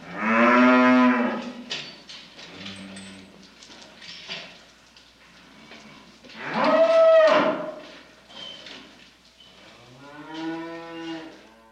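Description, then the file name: Cows mooing: three loud, long, harmonic moos, with quieter calls between them. "Sony Music Special - Cows"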